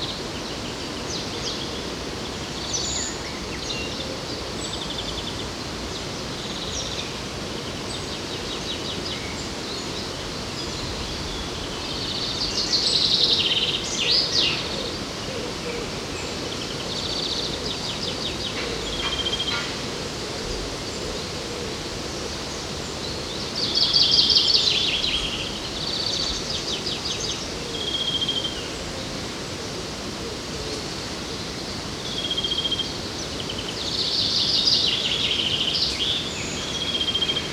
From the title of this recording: Sounds along the river in Odense, Denmark